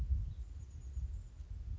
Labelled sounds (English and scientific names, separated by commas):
Chestnut-backed Chickadee (Poecile rufescens)